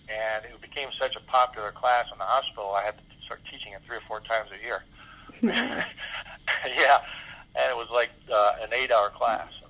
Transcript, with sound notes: And it became and it became such a popular class in the hospital, I had to start teaching it three or four times a year.
(laughs) Wow.
Yeah. And it was like an eight-hour class.